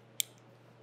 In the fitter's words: hear that click